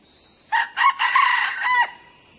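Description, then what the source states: Red junglefowl crowing: a short, hoarse four-part crow with a clipped final note, over faint background hiss. Young male red junglefowl, crowing.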